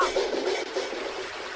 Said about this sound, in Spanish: Bueno, y ya lo ven. Acá el agua está corriendo, ¿eh? Y alguien se la está cobachando.